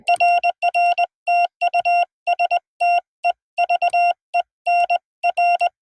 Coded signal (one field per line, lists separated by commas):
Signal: Morse code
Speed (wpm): 21 wpm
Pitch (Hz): 2750 Hz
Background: none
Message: RR TU STEVEN R